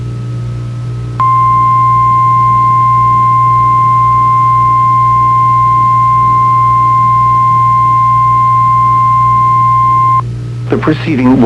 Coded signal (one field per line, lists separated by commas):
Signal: Emergency Alert System (SAME) tones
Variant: 1050 Hz attention tone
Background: speech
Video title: May the 4th Be With You with some EAS Tests (EAS #1200-#1214)